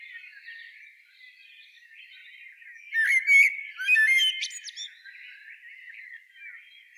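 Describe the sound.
Common blackbird giving a short burst of harsh, squawky calls midway through, over quieter continuous chatter.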